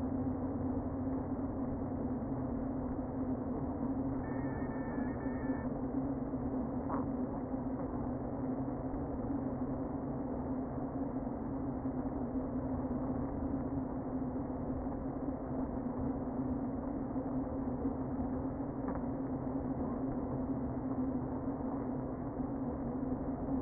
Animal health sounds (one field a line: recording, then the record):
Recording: honeybee colony, microphone inside the hive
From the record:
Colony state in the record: queen present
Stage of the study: before two queens were removed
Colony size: about 60,000 bees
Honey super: yes